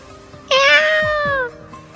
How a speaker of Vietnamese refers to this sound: Mèo đen bị Bạch Ngọc Đường bắt được, vùng vẫy mấy cái kêu lên.